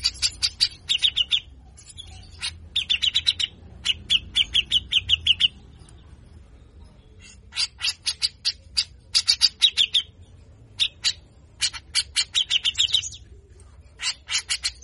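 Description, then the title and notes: Grey-cheeked bulbul repeating short bursts of grating, rapid notes, each lasting a second or two and separated by brief silences, with one longer pause midway. Long-duration training recording for songbird keepers, featuring a lively bird giving full, harsh 'besetan' chatter, locally called 'besetan kasar'. "MASTERAN CUCAK JENGGOT GACOR FULL BESETAN KASAR DURASI PANJANG !!!. Jenggot Bahan Cepat Gacor hanya Dengar Besetanya. Burung cucak jenggot"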